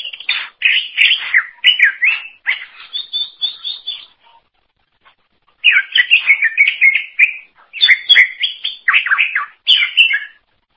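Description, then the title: Greater green leafbird song: bursts of quick chirping and warbled whistles, a brief pause midway, then more rapid varied phrases. "Cucak ijo"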